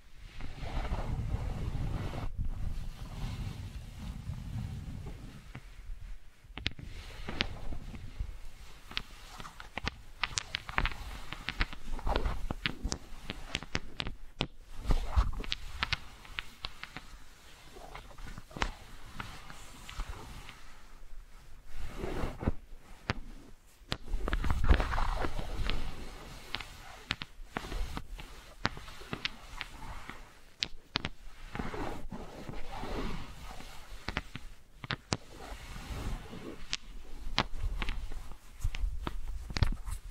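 Wooden balls knock, roll and rattle against each other in irregular bursts, with frequent sharp clicks and a low rumble during rolling passages. Activity is dense through most of the forty seconds, broken by brief pauses near 6, 14 and 23 seconds.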